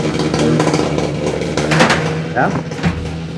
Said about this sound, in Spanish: Sí, no, lo que pasa es que pasó una moto fuertísima.